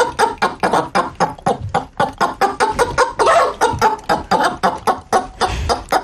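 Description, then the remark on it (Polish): A person vocally imitates a frightened hen, clucking rapidly and agitatedly in a dense string of sharp, loud squawks, the calls tumbling over one another with hardly a pause for about six seconds. “Ale to jest przestraszona kurka.”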